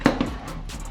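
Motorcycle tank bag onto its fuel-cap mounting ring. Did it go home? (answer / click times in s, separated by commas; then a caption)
yes / 0.1 s. A large motorcycle tank bag is pressed back onto its fuel-cap mounting ring and snaps into place with a sharp click at 0.1 s. A second, softer knock follows at 0.2 s. The bag ends up seated on its mount.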